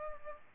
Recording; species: mosquito wingbeat signal from an infrared sensor; Aedes aegypti